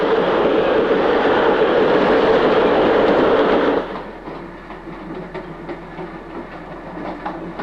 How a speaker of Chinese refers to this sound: 你说这火车要去澳洲的话该多好啊。